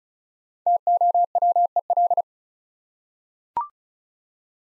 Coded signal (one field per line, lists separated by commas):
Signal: Morse code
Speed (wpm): 36 wpm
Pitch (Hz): 700 Hz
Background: none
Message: TOWEL